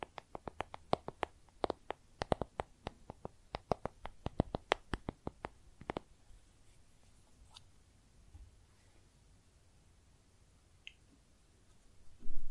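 Makeup tapping in rapid, sharp clicks for the first six seconds, then near silence with a few soft scrapes and a brief rustle at the end.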